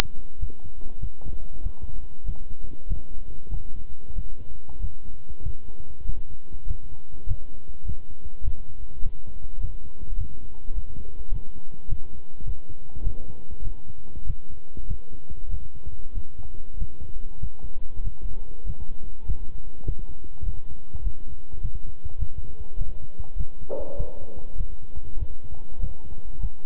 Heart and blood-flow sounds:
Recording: heart sounds by stethoscope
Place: between the tricuspid and mitral areas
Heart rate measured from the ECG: 99 bpm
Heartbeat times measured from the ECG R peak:
0.38 s: heartbeat
0.99 s: heartbeat
1.61 s: heartbeat
2.24 s: heartbeat
2.86 s: heartbeat
3.49 s: heartbeat
4.13 s: heartbeat
4.79 s: heartbeat
5.42 s: heartbeat
6.04 s: heartbeat
6.65 s: heartbeat
7.26 s: heartbeat
7.84 s: heartbeat
8.43 s: heartbeat
9.01 s: heartbeat
9.59 s: heartbeat
10.16 s: heartbeat
10.73 s: heartbeat
11.30 s: heartbeat
11.87 s: heartbeat
12.43 s: heartbeat
13.02 s: heartbeat
13.62 s: heartbeat
14.25 s: heartbeat
14.86 s: heartbeat
15.49 s: heartbeat
16.12 s: heartbeat
16.77 s: heartbeat
17.38 s: heartbeat
18.02 s: heartbeat
18.64 s: heartbeat
19.24 s: heartbeat
19.84 s: heartbeat
20.43 s: heartbeat
21.02 s: heartbeat
21.60 s: heartbeat
22.18 s: heartbeat
22.76 s: heartbeat
23.36 s: heartbeat
23.95 s: heartbeat
24.56 s: heartbeat
25.17 s: heartbeat
25.79 s: heartbeat
26.39 s: heartbeat
From the record:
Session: walking at 3.7 km/h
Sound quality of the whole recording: good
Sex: male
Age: 26 years

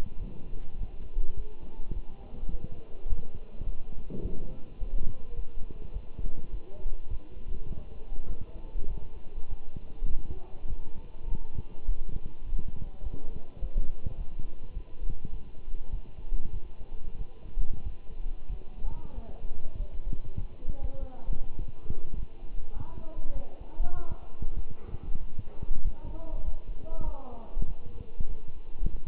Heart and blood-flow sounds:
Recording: heart sounds by stethoscope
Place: between the tricuspid and mitral areas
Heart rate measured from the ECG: 100 bpm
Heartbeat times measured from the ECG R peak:
0.19 s: heartbeat
0.78 s: heartbeat
1.36 s: heartbeat
1.93 s: heartbeat
2.51 s: heartbeat
3.09 s: heartbeat
3.65 s: heartbeat
4.22 s: heartbeat
4.80 s: heartbeat
5.36 s: heartbeat
5.93 s: heartbeat
6.52 s: heartbeat
7.10 s: heartbeat
7.68 s: heartbeat
8.28 s: heartbeat
8.89 s: heartbeat
9.49 s: heartbeat
10.10 s: heartbeat
10.69 s: heartbeat
11.28 s: heartbeat
11.87 s: heartbeat
12.45 s: heartbeat
13.04 s: heartbeat
13.61 s: heartbeat
14.17 s: heartbeat
14.74 s: heartbeat
15.32 s: heartbeat
15.92 s: heartbeat
16.53 s: heartbeat
17.18 s: heartbeat
17.85 s: heartbeat
18.51 s: heartbeat
19.15 s: heartbeat
19.78 s: heartbeat
20.40 s: heartbeat
21.00 s: heartbeat
21.58 s: heartbeat
22.16 s: heartbeat
22.74 s: heartbeat
23.34 s: heartbeat
23.95 s: heartbeat
24.56 s: heartbeat
25.19 s: heartbeat
25.84 s: heartbeat
26.44 s: heartbeat
27.05 s: heartbeat
27.67 s: heartbeat
28.29 s: heartbeat
28.91 s: heartbeat
From the record:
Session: walking at 3.7 km/h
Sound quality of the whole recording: good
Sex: male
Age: 24 years

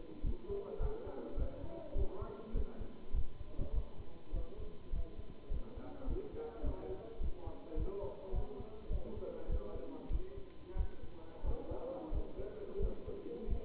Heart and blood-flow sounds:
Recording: heart sounds by stethoscope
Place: between the tricuspid and mitral areas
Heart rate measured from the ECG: 100 bpm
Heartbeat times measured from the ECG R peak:
0.25 s: heartbeat
0.82 s: heartbeat
1.38 s: heartbeat
1.97 s: heartbeat
2.56 s: heartbeat
3.15 s: heartbeat
3.75 s: heartbeat
4.35 s: heartbeat
4.94 s: heartbeat
5.52 s: heartbeat
6.09 s: heartbeat
6.65 s: heartbeat
7.22 s: heartbeat
7.78 s: heartbeat
8.35 s: heartbeat
8.92 s: heartbeat
9.50 s: heartbeat
10.12 s: heartbeat
10.77 s: heartbeat
11.45 s: heartbeat
12.13 s: heartbeat
12.81 s: heartbeat
13.49 s: heartbeat
From the record:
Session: Bruce protocol treadmill stress test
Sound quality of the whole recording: good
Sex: male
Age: 27 years

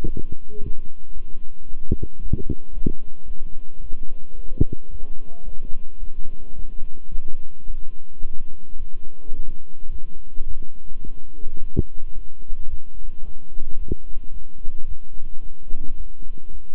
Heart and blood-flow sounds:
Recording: heart sounds by stethoscope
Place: between the tricuspid and mitral areas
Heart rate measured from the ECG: 109 bpm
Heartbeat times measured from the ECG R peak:
0.04 s: heartbeat
0.59 s: heartbeat
1.13 s: heartbeat
1.67 s: heartbeat
2.20 s: heartbeat
2.73 s: heartbeat
3.26 s: heartbeat
3.80 s: heartbeat
4.34 s: heartbeat
4.89 s: heartbeat
5.44 s: heartbeat
5.99 s: heartbeat
6.54 s: heartbeat
7.09 s: heartbeat
7.65 s: heartbeat
8.21 s: heartbeat
8.77 s: heartbeat
9.34 s: heartbeat
9.90 s: heartbeat
10.46 s: heartbeat
11.02 s: heartbeat
11.58 s: heartbeat
12.13 s: heartbeat
12.68 s: heartbeat
13.23 s: heartbeat
13.78 s: heartbeat
14.32 s: heartbeat
14.86 s: heartbeat
15.41 s: heartbeat
15.96 s: heartbeat
16.51 s: heartbeat
From the record:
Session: walking at 3.7 km/h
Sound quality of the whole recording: good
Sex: male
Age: 26 years

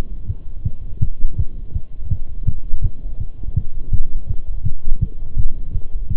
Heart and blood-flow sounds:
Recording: heart sounds by stethoscope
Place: between the tricuspid and mitral areas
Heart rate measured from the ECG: 165 bpm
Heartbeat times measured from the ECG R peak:
0.29 s: heartbeat
0.65 s: heartbeat
1.02 s: heartbeat
1.39 s: heartbeat
1.75 s: heartbeat
2.11 s: heartbeat
2.47 s: heartbeat
2.84 s: heartbeat
3.20 s: heartbeat
3.56 s: heartbeat
3.93 s: heartbeat
4.30 s: heartbeat
4.66 s: heartbeat
5.01 s: heartbeat
5.38 s: heartbeat
5.74 s: heartbeat
6.11 s: heartbeat
From the record:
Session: Bruce protocol treadmill stress test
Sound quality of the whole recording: partially saturated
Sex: male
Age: 23 years

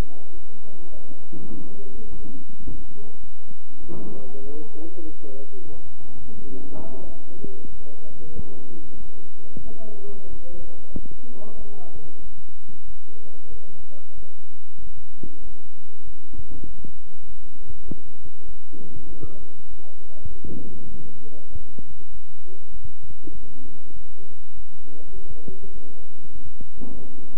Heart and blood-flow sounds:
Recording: heart sounds by stethoscope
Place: between the tricuspid and mitral areas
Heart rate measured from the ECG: 97 bpm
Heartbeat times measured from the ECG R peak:
0.34 s: heartbeat
0.92 s: heartbeat
1.49 s: heartbeat
2.05 s: heartbeat
2.61 s: heartbeat
3.20 s: heartbeat
3.81 s: heartbeat
4.43 s: heartbeat
5.05 s: heartbeat
5.72 s: heartbeat
6.39 s: heartbeat
7.04 s: heartbeat
7.69 s: heartbeat
8.33 s: heartbeat
8.97 s: heartbeat
9.63 s: heartbeat
10.28 s: heartbeat
10.91 s: heartbeat
11.56 s: heartbeat
12.22 s: heartbeat
12.85 s: heartbeat
13.49 s: heartbeat
14.15 s: heartbeat
14.79 s: heartbeat
15.42 s: heartbeat
16.05 s: heartbeat
16.66 s: heartbeat
17.27 s: heartbeat
17.86 s: heartbeat
18.46 s: heartbeat
19.07 s: heartbeat
19.69 s: heartbeat
20.28 s: heartbeat
20.89 s: heartbeat
21.50 s: heartbeat
22.12 s: heartbeat
22.71 s: heartbeat
23.33 s: heartbeat
23.94 s: heartbeat
24.55 s: heartbeat
25.13 s: heartbeat
25.73 s: heartbeat
26.33 s: heartbeat
26.92 s: heartbeat
From the record:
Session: bicycle stress test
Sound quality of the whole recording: good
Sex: male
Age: 23 years

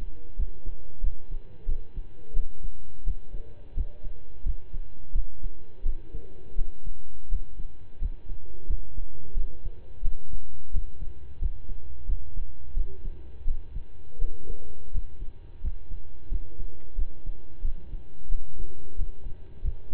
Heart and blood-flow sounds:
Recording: heart sounds by stethoscope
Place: between the tricuspid and mitral areas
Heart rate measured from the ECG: 87 bpm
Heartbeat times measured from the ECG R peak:
0.35 s: heartbeat
1.00 s: heartbeat
1.65 s: heartbeat
2.33 s: heartbeat
3.03 s: heartbeat
3.73 s: heartbeat
4.42 s: heartbeat
5.12 s: heartbeat
5.82 s: heartbeat
6.55 s: heartbeat
7.28 s: heartbeat
7.98 s: heartbeat
8.66 s: heartbeat
9.33 s: heartbeat
10.01 s: heartbeat
10.70 s: heartbeat
11.38 s: heartbeat
12.05 s: heartbeat
12.73 s: heartbeat
13.44 s: heartbeat
14.18 s: heartbeat
14.91 s: heartbeat
15.60 s: heartbeat
16.28 s: heartbeat
16.95 s: heartbeat
17.61 s: heartbeat
18.28 s: heartbeat
18.95 s: heartbeat
19.61 s: heartbeat
From the record:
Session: slow and fast walking with breaks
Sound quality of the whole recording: saturated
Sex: male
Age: 25 years

